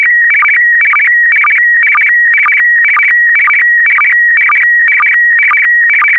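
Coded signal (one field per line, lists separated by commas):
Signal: SSTV (slow-scan television)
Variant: PD120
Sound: warbling tone near 2 kHz, repeating pattern about twice a second with short low blips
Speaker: get ready starting transmission in 5 4 3 2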